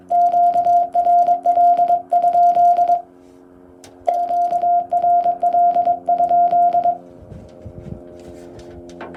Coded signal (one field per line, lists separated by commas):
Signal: Morse code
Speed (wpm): 22 wpm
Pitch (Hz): 700 Hz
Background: radio noise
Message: QRL? QRL?